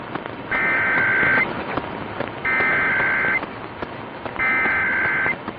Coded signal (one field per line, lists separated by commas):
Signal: Emergency Alert System (SAME) tones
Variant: header bursts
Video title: THREE RMTS, ONE NIGHT - LA, TN and NYC Monthly Tests (02/09/2022) - EAS #18-20